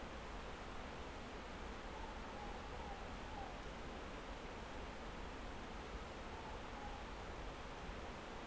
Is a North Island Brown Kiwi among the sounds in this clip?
no